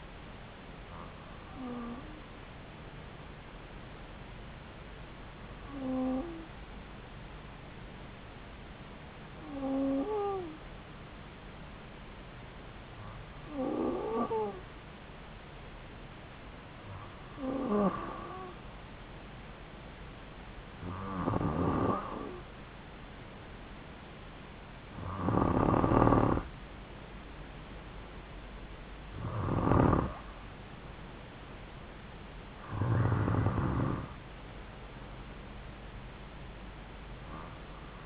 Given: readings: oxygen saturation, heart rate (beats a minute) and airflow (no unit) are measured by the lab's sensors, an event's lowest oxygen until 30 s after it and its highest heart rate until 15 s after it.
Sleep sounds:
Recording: breathing in sleep by a voice recorder at the bedside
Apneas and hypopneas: 1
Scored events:
3.00-22.10 s: hypopnea (N2, oxygen 95% highest, then 92% lowest)
From the record:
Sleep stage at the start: N2 (light sleep)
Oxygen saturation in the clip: 92 to 95%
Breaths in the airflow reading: 9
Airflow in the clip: -2.9 to 2.9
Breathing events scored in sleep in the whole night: 270 in 6.1 hours asleep

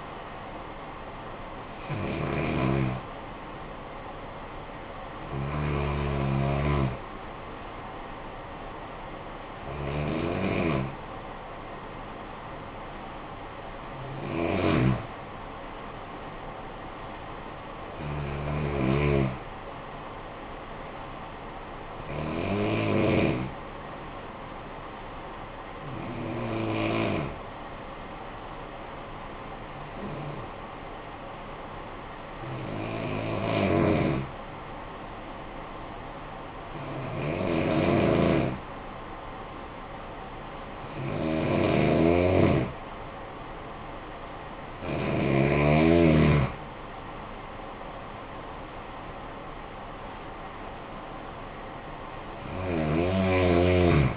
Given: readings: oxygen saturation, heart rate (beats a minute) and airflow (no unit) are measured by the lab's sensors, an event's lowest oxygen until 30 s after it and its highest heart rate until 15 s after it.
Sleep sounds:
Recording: breathing in sleep by a voice recorder at the bedside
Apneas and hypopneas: 1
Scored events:
24.00-45.60 s: hypopnea (N2, oxygen 95% highest, then 88% lowest, heart rate 52 at the start, 75 highest)
From the record:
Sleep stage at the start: N2 (light sleep)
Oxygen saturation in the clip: 88 to 95%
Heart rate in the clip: 51 to 75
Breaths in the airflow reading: 13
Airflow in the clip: -12.4 to 11.3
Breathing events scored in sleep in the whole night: 445 in 7.6 hours asleep

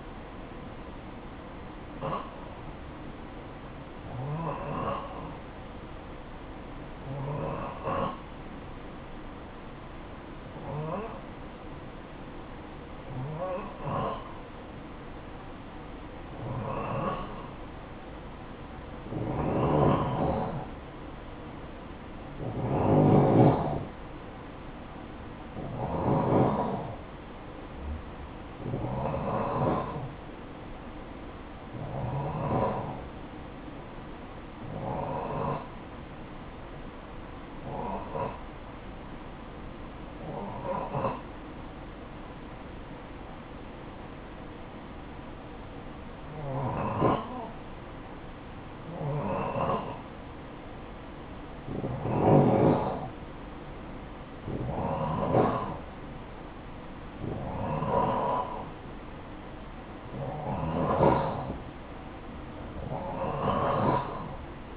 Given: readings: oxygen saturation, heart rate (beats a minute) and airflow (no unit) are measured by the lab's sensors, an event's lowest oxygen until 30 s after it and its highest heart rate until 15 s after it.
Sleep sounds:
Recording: breathing in sleep by a voice recorder at the bedside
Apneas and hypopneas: 2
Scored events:
8.00-24.00 s: hypopnea (N2, oxygen 93% highest, then 90% lowest, heart rate 56 at the start, 60 highest)
38.00-57.20 s: hypopnea (N2, oxygen 92% highest, then 89% lowest, heart rate 56 at the start, 58 highest)
From the record:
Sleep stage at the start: N2 (light sleep)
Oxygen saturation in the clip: 89 to 94%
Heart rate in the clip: 52 to 60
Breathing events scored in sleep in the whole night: 573 in 9.8 hours asleep

